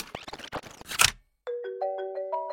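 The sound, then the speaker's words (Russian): A phone rings with an electronic ringtone as a detective calls: clear, sustained tones stepping upward in a short melody, preceded by a brief burst of clattering, rustling noise and then a moment of silence. “И вот на следующий день раздался звонок.”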